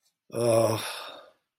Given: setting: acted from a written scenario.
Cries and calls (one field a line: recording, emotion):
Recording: vocal sound without words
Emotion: guilt